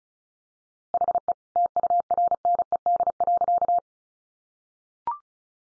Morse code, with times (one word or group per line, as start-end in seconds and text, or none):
0.9-1.3 HE
1.6-3.8 TURNED.